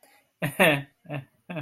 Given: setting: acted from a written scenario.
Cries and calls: vocal sound without words; guilt

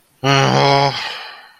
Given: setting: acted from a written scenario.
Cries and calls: vocal sound without words; shame

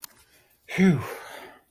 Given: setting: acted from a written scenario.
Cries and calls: vocal sound without words; relief

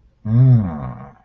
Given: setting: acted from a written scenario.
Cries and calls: vocal sound without words; desire

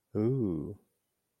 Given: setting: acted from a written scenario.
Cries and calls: vocal sound without words; desire

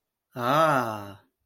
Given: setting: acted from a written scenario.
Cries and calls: vocal sound without words; amusement

